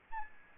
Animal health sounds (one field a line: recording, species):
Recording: mosquito wingbeat signal from an infrared sensor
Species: Aedes albopictus